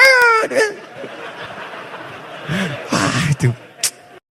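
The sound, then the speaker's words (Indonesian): A baby at the back, during prayers, lets out a shrill, high-pitched shout at the start, followed by a few shorter yelps and bursts of vocal noise over a low background murmur. “Sampai bayi teriak di belakang, itu benar, itu benar, itu benar.”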